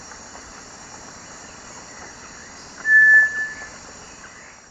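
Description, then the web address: Cinereous tinamou giving a single clear, level whistle midway through, trailing off softly, against a steady background hum of insects. Recorded in the eastern lowlands of South America. "Natures Songs S America Eastern Lowlands. Cinereous Tinamou"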